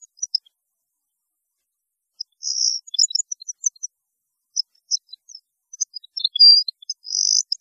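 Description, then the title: European goldfinch song, lively high twittering with buzzy trilled notes and tinkling chirps in bursts after a short pause. "Chant Chardonneret"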